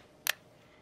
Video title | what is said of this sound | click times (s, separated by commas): Proto® Tools - Torque Wrench Safety | For a micrometer torque wrench, you'll know when you hear a click. | 0.3 s